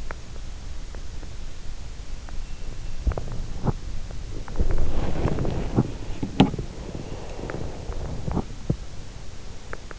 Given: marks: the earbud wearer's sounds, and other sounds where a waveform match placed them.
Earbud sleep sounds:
sounds in sleep by an in-ear microphone; teeth grinding, body movement, breath
0.00-0.21 s: teeth grinding
2.98-8.86 s: body movement
6.33-6.64 s: teeth grinding
6.74-8.37 s: breath
9.68-9.99 s: teeth grinding

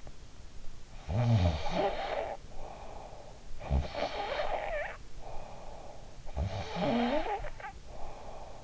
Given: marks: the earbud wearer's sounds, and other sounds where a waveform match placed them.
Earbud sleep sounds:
sounds in sleep by an in-ear microphone; snoring breath
0.81-3.24 s: snoring breath
3.54-6.00 s: snoring breath
6.40-8.57 s: snoring breath

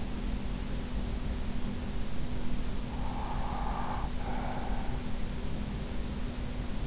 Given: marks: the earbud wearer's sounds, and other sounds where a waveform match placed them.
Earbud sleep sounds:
sounds in sleep by an in-ear microphone; breath
2.58-5.52 s: breath

